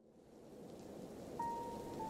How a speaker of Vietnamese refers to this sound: Bên ngoài trời, gió thổi càng lúc càng mạnh, mưa to gió lớn thổi tới ùn ùn.